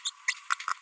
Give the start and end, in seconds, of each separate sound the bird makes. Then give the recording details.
0.05-0.10, 0.28-0.33, 0.51-0.54, 0.68-0.73. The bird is a female. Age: 30 days. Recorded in a nest box in Venezuela. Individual 17B42B1